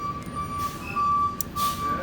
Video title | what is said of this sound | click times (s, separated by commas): How to Install Goodman 5kW to 10kW Package Unit Heat Strip | You hear an audible click and it is now wired. | 1.4 s